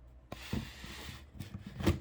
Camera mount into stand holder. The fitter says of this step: just snaps right in